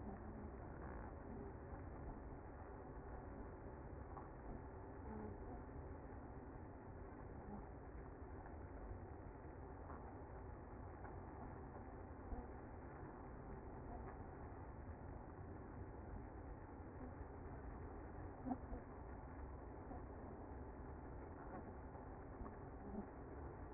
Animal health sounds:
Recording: honeybee colony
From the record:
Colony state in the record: active

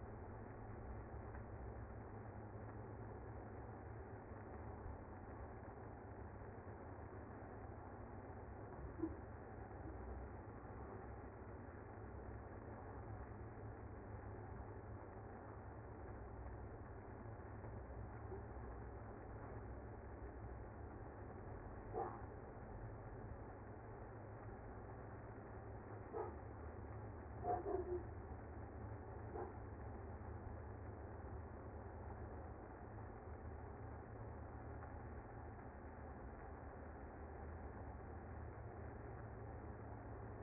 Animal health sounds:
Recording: honeybee colony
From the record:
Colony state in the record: active

